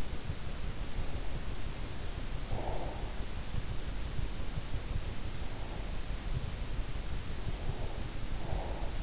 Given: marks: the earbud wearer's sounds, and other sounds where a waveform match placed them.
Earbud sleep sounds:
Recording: sounds in sleep by an in-ear microphone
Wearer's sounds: breath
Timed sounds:
0.63-3.03 s: breath
7.08-9.03 s: breath

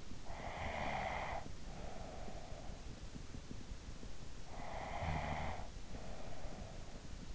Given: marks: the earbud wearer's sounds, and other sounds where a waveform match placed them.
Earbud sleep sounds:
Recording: sounds in sleep by an in-ear microphone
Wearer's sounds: breath, snoring breath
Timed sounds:
0.00-3.18 s: breath
4.13-7.26 s: snoring breath

